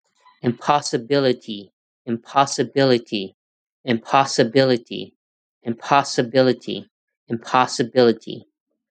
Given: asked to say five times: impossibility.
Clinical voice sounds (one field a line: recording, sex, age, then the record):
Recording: repeated word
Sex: male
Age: 20 to 29 years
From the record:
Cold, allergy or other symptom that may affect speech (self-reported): no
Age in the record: 24 years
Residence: California, United States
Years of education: 16